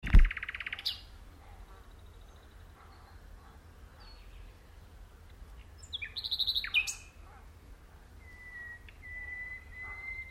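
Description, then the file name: Common nightingale song: a brief rapid burst at the start, scattered notes midway, then a long, pure, steady whistle near the end. "Luscinia megarhynchos"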